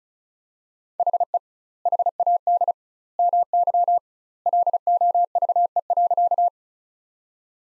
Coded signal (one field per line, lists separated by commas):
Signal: Morse code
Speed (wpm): 34 wpm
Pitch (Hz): 700 Hz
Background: none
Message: HE HAD MY LOVE.